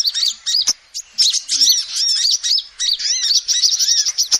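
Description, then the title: Lovebird calls, high shrill chirps and arched squeaks in quick bursts, running almost continuously with brief gaps and a couple of sharp ticks. Lovebird calls used as a lure to trap birds. "PIKAT BURUNG LOVEBIRD"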